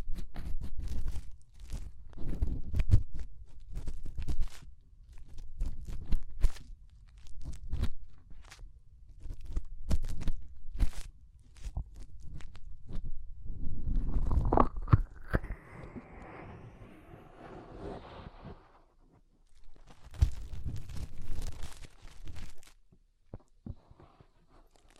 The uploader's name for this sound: Inner Ear Cleaning Using Fingers